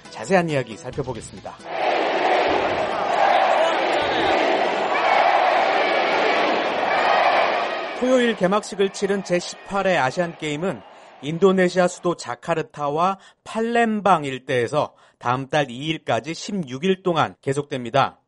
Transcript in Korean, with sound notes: 자세한 이야기 살펴보겠습니다. [녹취: 경기장 관중 함성] 토요일 개막식을 치른 제18회 아시안게임은 인도네시아 수도 자카르타와 팔렘방 일대에서 다음 달 2일까지 16일 동안 계속됩니다.